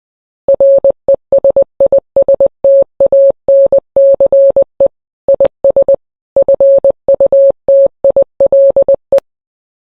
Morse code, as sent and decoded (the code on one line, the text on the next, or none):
.-. . ... .. ... - .- -. -.-. . / .. ... / ..-. ..- - .. .-.. .
RESISTANCE IS FUTILE